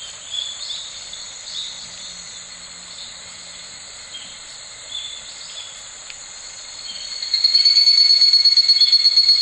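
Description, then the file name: Evening cicada starting a loud, ringing pulsed call near the end, after a long stretch of steady, hissing insect drone. Recorded 13 July 2013. "ヒグラシ 130713"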